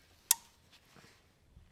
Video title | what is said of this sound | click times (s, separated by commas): Torp TC1000 Surron Controller Install // How To | it's a nice click | 0.3 s